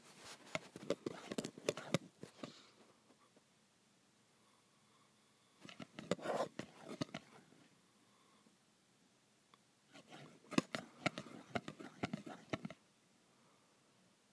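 Graphite scrapes and taps on metal in three bursts, roughly 0–3, 6–7 and 10–13 seconds, each a dense cluster of quick scratchy strokes with bright, rasping edges. Between bursts it goes nearly silent, with one faint isolated tick near 9.5 seconds.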